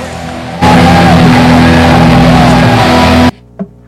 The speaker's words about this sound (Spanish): vamos a escuchar otra banda que se llama …